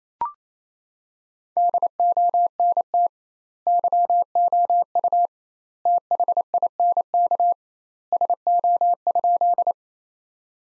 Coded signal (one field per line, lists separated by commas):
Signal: Morse code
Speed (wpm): 28 wpm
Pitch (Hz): 700 Hz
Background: none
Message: DONT YOU THINK SO?